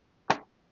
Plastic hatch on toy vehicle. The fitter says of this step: so it locks in place.